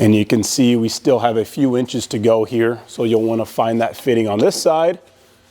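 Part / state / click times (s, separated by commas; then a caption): camper roof section latch on its side fitting / not seated / none. A man talks while handling the roof section of a Flagstaff hard-side camper, which still has a few inches to go before its latch reaches the side fitting. Nothing has seated or clicked yet. The speech ends and the clip closes on near silence.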